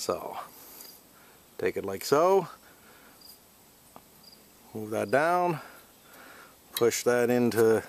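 A windshield wiper blade is held and lined up with the wiper arm, ready to be pushed in, while someone talks in short bursts. A faint brief tick is heard near 4.0 s, but nothing has seated or clicked yet.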